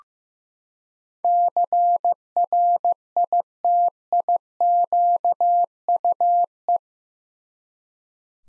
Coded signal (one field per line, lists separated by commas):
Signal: Morse code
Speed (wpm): 15 wpm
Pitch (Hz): 700 Hz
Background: none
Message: CRITIQUE